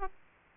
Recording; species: mosquito wingbeat signal from an infrared sensor; Aedes aegypti